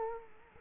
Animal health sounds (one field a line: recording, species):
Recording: mosquito wingbeat signal from an infrared sensor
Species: Culex quinquefasciatus